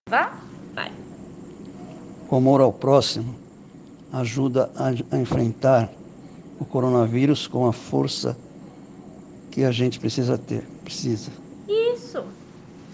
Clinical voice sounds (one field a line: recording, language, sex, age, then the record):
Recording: spoken sentence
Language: Brazilian Portuguese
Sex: male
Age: 60 to 69 years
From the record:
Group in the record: respiratory insufficiency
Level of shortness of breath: 5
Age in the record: 65 years